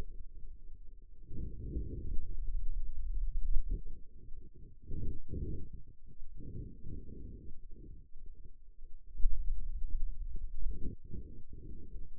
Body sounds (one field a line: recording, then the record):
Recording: forearm muscle sounds (acoustic myography)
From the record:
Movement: hand opening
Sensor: system 2, bracelet of six BSWA MPA416 microphones around the upper forearm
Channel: 6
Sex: male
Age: 22 years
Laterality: right